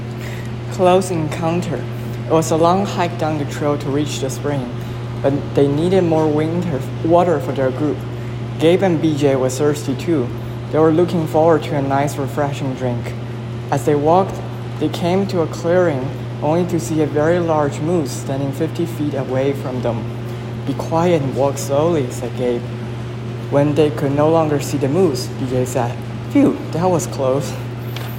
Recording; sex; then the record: reading aloud after running; male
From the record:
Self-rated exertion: vigorous exertion (4 of 6); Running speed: 10 miles an hour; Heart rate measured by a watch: 126 beats a minute at the start, 102 at the end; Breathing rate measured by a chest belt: 22 breaths a minute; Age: 24 years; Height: 175 cm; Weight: 56 kg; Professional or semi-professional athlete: no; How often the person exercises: over 5 times a week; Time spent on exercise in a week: over 5 hours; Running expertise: yes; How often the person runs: over 5 times a week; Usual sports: running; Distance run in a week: 60 km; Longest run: 43 km